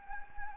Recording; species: mosquito wingbeat signal from an infrared sensor; Anopheles gambiae